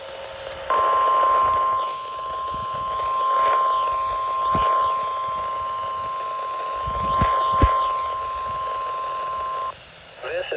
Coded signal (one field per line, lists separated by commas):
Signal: Emergency Alert System (SAME) tones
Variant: 1050 Hz attention tone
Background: speech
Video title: NWS Hanford Weekly EAS Test (11/16/22) (EAS #505)